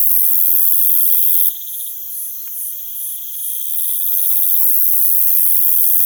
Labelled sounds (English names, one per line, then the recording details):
none
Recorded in pastures near Puerto Asís, Putumayo, Colombia, on 25 June 2025 at 04:00
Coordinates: 0.487, -76.322
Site H26